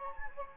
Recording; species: mosquito wingbeat signal from an infrared sensor; Anopheles gambiae